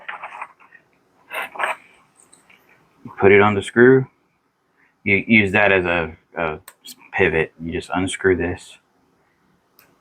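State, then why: Released. A mounting screw on a home elevator component is unscrewed from its captive nut while someone talks. A click comes at 9.8 s as the screw's thread comes out of the nut and the screw is released.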